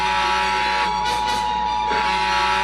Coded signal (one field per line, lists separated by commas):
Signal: Emergency Alert System (SAME) tones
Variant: 853 and 960 Hz attention tone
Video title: pinewood builders eas scenario im scared😰